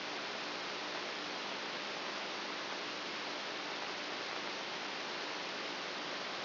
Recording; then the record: brain microelectrode recording played as sound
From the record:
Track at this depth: outside the subthalamic nucleus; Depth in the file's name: 7.7 mm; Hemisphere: right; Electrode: 2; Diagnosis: Parkinson's disease